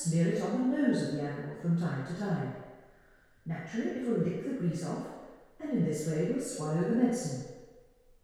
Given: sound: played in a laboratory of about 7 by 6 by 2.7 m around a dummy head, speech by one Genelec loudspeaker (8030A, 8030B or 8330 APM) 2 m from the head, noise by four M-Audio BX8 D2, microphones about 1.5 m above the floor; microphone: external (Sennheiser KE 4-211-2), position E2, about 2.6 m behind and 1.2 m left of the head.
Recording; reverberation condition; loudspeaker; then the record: female speech in English; high; behind (180 degrees)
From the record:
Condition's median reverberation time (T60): about 1300 ms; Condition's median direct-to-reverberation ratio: about -4.0 dB